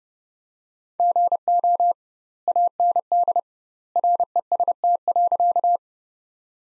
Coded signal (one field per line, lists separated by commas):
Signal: Morse code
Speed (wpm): 30 wpm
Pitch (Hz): 700 Hz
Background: none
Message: GO AND REST.